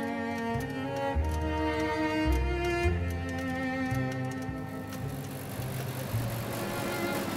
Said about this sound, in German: Auf den Straßen von Tel Aviv hört man die Klimaanlage noch im November. Ob Kapuzen- oder T-Shirt-Wetter, die Allenby-Straße in Tel Aviv klingt nicht viel anders als Hauptstraßen in Berlin, London oder New York.